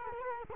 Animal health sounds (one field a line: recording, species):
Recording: mosquito wingbeat signal from an infrared sensor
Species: Culex quinquefasciatus